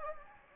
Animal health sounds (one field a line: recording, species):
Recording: mosquito wingbeat signal from an infrared sensor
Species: Anopheles gambiae